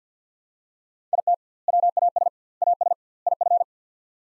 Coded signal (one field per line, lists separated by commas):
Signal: Morse code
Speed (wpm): 50 wpm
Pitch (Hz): 700 Hz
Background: none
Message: IT WAS AS IF